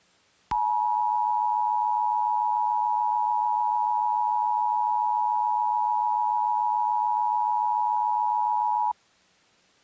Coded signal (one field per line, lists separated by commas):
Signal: Emergency Alert System (SAME) tones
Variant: 853 and 960 Hz attention tone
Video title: EAS Mock #5: EAS Recreation: Severe Thunderstorm Warning for Allegheny County